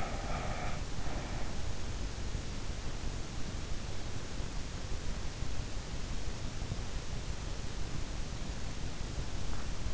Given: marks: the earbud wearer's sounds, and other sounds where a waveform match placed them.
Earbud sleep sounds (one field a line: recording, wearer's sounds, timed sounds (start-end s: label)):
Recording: sounds in sleep by an in-ear microphone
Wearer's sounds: breath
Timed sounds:
0.00-1.87 s: breath